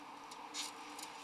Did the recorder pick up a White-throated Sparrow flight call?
no